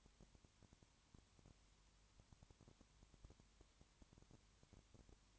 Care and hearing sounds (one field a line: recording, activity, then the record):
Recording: daily activity, microphone in the room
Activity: no activity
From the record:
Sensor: 3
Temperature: 21.1 degrees Celsius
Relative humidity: 37.0%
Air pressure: 1010.6 hPa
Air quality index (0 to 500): 204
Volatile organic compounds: 31 ppm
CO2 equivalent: 2977 ppm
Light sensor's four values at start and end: 2/3/2/2 and 2/3/2/2